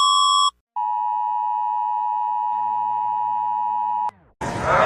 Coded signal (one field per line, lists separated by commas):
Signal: Emergency Alert System (SAME) tones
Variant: 853 and 960 Hz attention tone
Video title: Rating eas alarms because why not